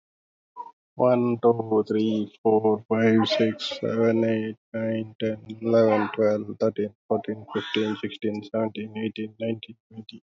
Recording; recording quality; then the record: counting at a normal pace; moderate, slight background noise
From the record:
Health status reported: healthy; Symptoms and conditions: none ticked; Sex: male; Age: 32 years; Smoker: not ticked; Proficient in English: yes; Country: India